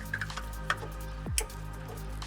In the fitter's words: and then click the other half in